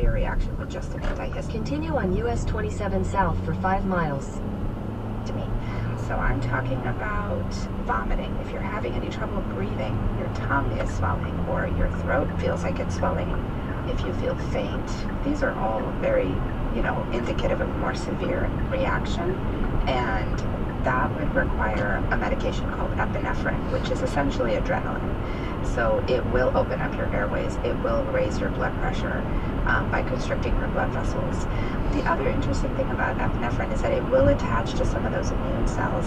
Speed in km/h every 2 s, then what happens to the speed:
35, 47, 58, 69, 79, 85, 90, 92, 95, 98, 100, 100, 98, 98, 100, 101, 101, 103.
0-17 speeds up to 98. 17-36 steady at about 100.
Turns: none.